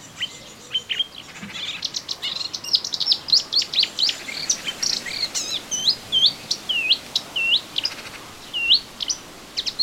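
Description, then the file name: Melodious warbler song that opens with busy chatter, then settles into repeated, sharply swooping whistled notes. Recorded in a garden on 25 June 2017. "Orpheusspötter 2017 06 25 Garten"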